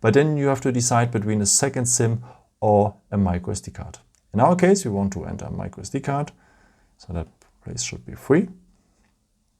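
A microSD memory card is handled at the SIM/SD tray slot of a Samsung Galaxy A53 5G smartphone, the tray that takes either a second SIM or a microSD card, while someone talks throughout. The card has not clicked or seated into the tray yet by the end of the clip.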